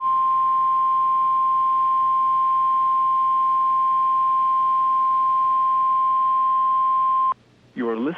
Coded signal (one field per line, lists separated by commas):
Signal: Emergency Alert System (SAME) tones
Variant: 1050 Hz attention tone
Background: speech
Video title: If you like EAS Tests, this is the video for you. (EAS 651-666)